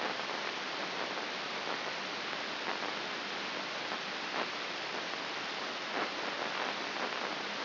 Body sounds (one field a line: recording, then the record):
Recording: brain microelectrode recording played as sound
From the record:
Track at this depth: outside the subthalamic nucleus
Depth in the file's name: 4.821 mm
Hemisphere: left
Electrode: 2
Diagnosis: Parkinson's disease